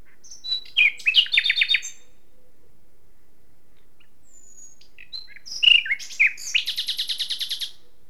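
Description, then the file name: Common nightingale song: two rich phrases separated by a pause, each ending in a fast series of repeated chirping notes. "Luscinia megarhynchos"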